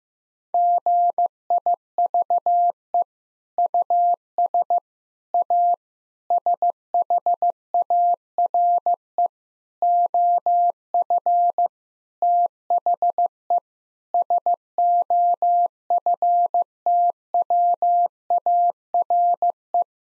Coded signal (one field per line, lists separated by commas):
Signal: Morse code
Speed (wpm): 15 wpm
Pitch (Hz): 700 Hz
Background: none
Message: GIVE US A SHARE OF THE SOFTWARE